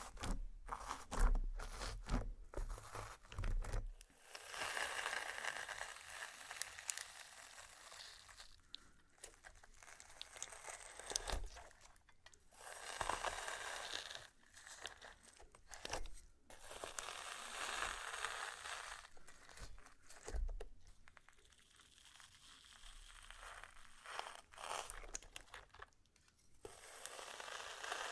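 Slime is squished and stretched in bursts of crinkly, crackling bright sounds, with brief quiet gaps and low thumps near the start.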